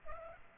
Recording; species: mosquito wingbeat signal from an infrared sensor; Culex pipiens